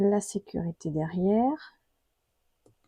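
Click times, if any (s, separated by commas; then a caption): 2.7 s. Someone talks, then a plastic safety washer is pushed onto the back of a plastic safety eye stem through a crocheted amigurumi doll head. A faint, short click is heard at 2.7 s as the washer locks onto the stem and seats.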